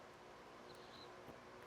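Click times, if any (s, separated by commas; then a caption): none. A crimped contact is lined up with the plastic housing of a Power Pole connector before being pushed home, since it has to line up perfectly. Only a steady low hiss is heard, with a faint high whine around 0.7 to 1.1 seconds and a slight bump near 1.3 seconds. The contact has not seated or clicked yet.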